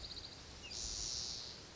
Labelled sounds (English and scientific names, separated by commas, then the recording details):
Spotted Towhee (Pipilo maculatus)
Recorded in Sonoma County, California